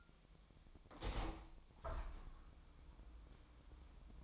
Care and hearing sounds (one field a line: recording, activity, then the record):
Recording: daily activity, microphone in the room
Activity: open window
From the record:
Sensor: 1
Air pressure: 1004.7 hPa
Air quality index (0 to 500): 102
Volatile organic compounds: 3 ppm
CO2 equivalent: 1392 ppm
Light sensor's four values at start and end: 8/20/8/8 and 8/21/8/9